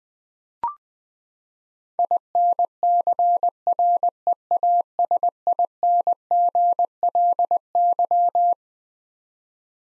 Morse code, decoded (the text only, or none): INCREASINGLY